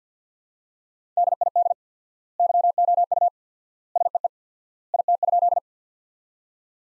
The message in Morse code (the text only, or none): DID YOU SEE IT?